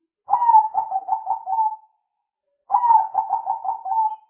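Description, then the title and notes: Spotted dove cooing: two phrases, each a drawn-out first note followed by four quick, pulsed coos that trail off, with silence between them and no other sounds. Spotted dove calls used as a lure for catching birds. "Pikat Burung Tekukur Paling Ampuh. Kumpulan suara burung tekukur paling ampuh"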